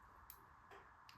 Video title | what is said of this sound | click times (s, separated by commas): Wiring Dynon SV32 Servos to a DB9 connector | so I you kind of hear it click so the next one | 0.3 s, 1.1 s